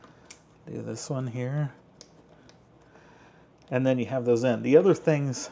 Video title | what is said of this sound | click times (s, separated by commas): The AMAZING Street Fighter 2 Ultra Figures from Jada Toys Wave 1 & 2 Unboxing and Review | you just kind of latch it on there and push it down it snaps into place | 0.3 s